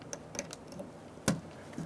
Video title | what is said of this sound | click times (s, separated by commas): How to Replace Rear Window Regulator Assembly 2003-2008 Honda Pilot | push until you hear a click if you don't hear a click give it a pull and make sure it's locked in | 1.3 s